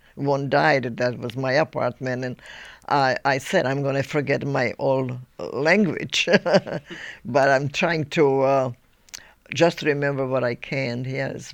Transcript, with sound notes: One died that was in my apartment and I said, "I'm going to forget my own language." (she laughs) But I'm trying to just remember what I can, yes.